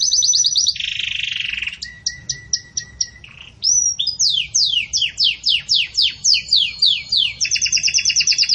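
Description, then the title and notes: Belgian canary song: a trill and a buzzy phrase, soft short notes, a brief pause, then loud downward swoops and a final rapid trill. Pure "campainha" song style delivered with pauses, for training. "Canto Canário Belga Campainha Puro Com Pausa Para Treinamento. CANARIO BELGA"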